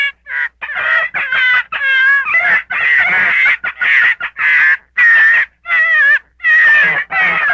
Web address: Fox -Gray